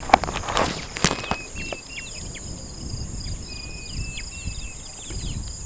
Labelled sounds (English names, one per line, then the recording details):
Superb Starling flight call
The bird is a female
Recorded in Kenya on 17 May 2010
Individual 5, of group CF1